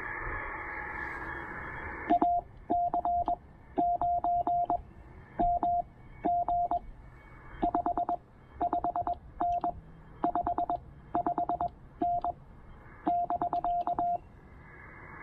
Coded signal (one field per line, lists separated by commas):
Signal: Morse code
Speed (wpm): 21 wpm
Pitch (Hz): 700 Hz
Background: radio noise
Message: AC9MG 55N 55N <BK>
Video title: POTA Lunch Box Radio: Pairing the Penntek TR-45L and the Elecraft AX1